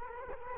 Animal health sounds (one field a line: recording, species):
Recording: mosquito wingbeat signal from an infrared sensor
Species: Culex quinquefasciatus